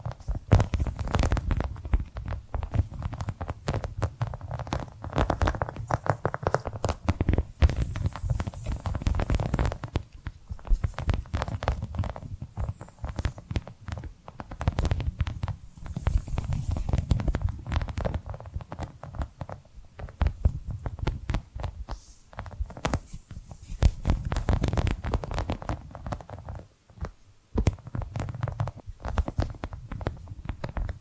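Continuous tapping and scratching, a dense flurry of quick irregular clicks over a muffled, rumbling low layer, with brief pauses near 10 and 27 seconds.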